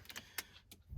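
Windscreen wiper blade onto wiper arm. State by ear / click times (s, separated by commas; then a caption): seated / 0.4 s. A second new windscreen wiper blade is slid onto its wiper arm on an Audi A6 3L TDI during a 120,000 km service. Light plastic ticks at about 0.1 and 0.2 s lead to a sharp click at 0.4 s as the blade clips and seats onto the arm. A faint tick follows at 0.7 s, and a low rumble rises at the very end.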